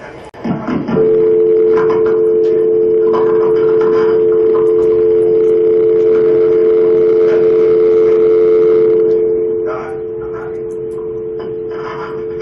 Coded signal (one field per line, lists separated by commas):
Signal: telephone call progress tone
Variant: North America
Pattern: dial tone